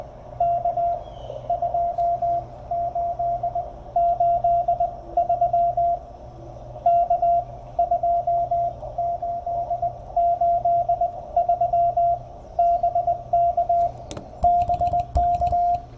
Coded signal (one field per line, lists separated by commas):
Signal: Morse code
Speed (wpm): 21 wpm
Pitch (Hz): 690 Hz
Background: radio noise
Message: K2883 K2883 BK BK